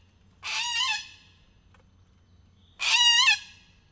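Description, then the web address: Little corella producing a pair of strident, grating shrieks a little over two seconds apart, each wavering slightly in pitch. Emboldened individual at Miskolc Zoo, 2018. "allathangok miskolcizoo 2018 csupaszszemu kakadu felbatorodva miskolczoo"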